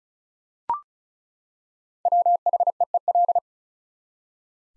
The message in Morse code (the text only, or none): WHEEL